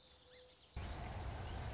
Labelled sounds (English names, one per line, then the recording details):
Song Sparrow
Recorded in Sonoma County, California